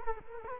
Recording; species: mosquito wingbeat signal from an infrared sensor; Culex quinquefasciatus